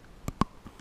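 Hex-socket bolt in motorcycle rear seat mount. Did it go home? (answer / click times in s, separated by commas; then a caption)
no / 0.4 s. A hex key slips in the stripped inner socket of the metal bolt holding a motorcycle's rear seat, giving a sharp metallic click at 0.4 s between a softer tick at 0.3 s and a faint one at 0.8 s. The socket is stripped, so the key can't get enough force and the bolt will not turn.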